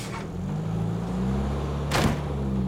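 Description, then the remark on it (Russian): A bus's steady low engine drone rises slightly in pitch as the bus pulls away, with a brief hiss at the start and a louder pneumatic burst near the end as the bus door closes. “Автобус уезжает.”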